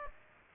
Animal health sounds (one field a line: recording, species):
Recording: mosquito wingbeat signal from an infrared sensor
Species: Aedes aegypti